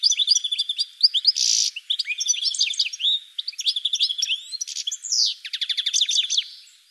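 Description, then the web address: Bird giving rapid high chirps, short whistles and buzzy notes in a busy jumble, ending with a fast rattling series of clicks. "cianscape birddata"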